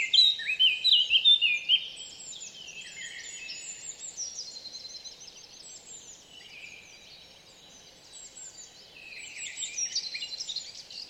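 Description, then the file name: Eurasian blackcap song, a loud burst of clear fluty whistled notes at the start, then a long quieter stretch of faint warbling and chirping. "Sylvia atricapilla"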